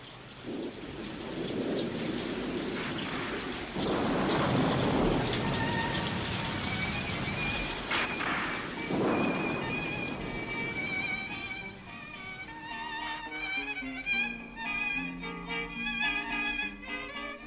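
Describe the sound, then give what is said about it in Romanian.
Steady, hissing rain beginning to fall in Sicily after a drought, with two heavy rumbles of thunder swelling early on; in the last few seconds sustained melodic tones emerge over the fading downpour. “Da, da, a început ploaia.”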